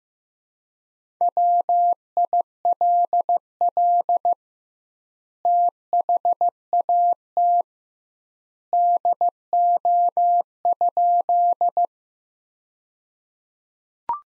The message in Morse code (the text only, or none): WILL THAT DO?